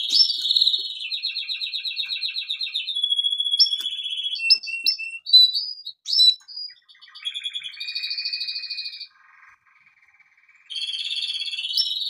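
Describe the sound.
Canary song with a rolled trill, then a steady whistled note and scattered short chirps, a quiet gap, and a final rolling trill.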